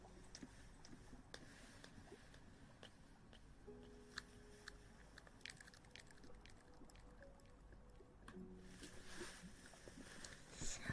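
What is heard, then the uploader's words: Ear eating: wet clicks, smacks and crinkly mouth sounds over a low rumble, with brief tonal hums around four and eight seconds. Ear eating.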